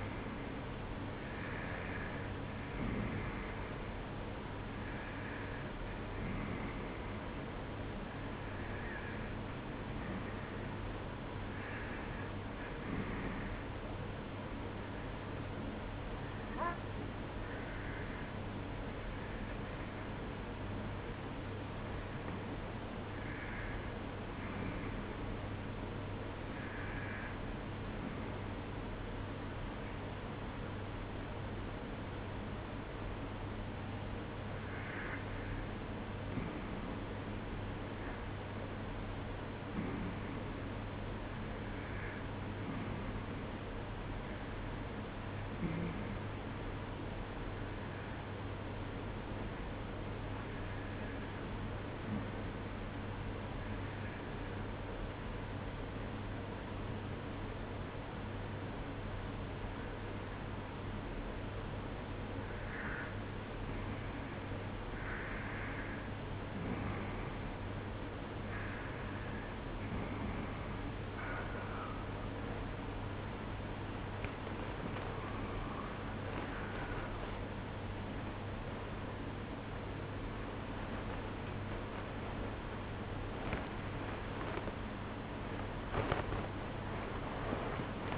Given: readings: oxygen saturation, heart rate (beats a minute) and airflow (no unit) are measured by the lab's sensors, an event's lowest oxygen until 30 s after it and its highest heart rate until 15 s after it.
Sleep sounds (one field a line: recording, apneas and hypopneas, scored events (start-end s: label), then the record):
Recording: breathing in sleep by a voice recorder at the bedside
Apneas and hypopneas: 1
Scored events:
47.00-77.00 s: new sleep stage, N1 (lightest sleep)
48.00-71.30 s: hypopnea (N1, oxygen 92% highest, then 91% lowest, heart rate 64 at the start, 75 highest)
77.00-88.18 s: new sleep stage, awake
84.00-88.18 s: awake
From the record:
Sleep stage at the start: REM sleep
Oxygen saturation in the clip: 91 to 93%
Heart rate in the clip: 59 to 75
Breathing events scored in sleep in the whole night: 305 in 9.6 hours asleep